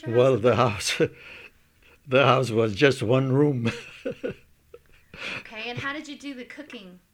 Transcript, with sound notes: Well, the house, the house was just one room! (laughs)
Okay, and how did you do the cooking?